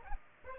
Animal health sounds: mosquito wingbeat signal from an infrared sensor; Aedes aegypti

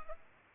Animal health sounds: mosquito wingbeat signal from an infrared sensor; Culex pipiens

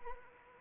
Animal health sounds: mosquito wingbeat signal from an infrared sensor; Anopheles arabiensis

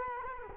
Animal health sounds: mosquito wingbeat signal from an infrared sensor; Culex quinquefasciatus

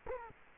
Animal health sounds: mosquito wingbeat signal from an infrared sensor; Culex quinquefasciatus

